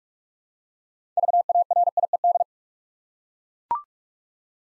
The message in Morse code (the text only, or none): VARIED